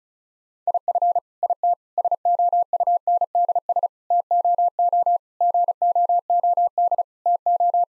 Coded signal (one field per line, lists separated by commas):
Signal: Morse code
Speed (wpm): 36 wpm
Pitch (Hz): 700 Hz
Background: none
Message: IF IT SOUNDS TOO GOOD TO